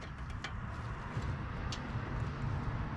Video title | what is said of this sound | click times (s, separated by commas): How to install LED foglight bulbs 1999 Lincoln Navigator | quarter turn you see it locks in place | 0.4 s